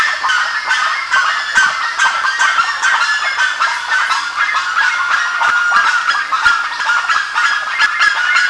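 Birds in a large calling flock, a steady wall of overlapping nasal honks and cackles with no break.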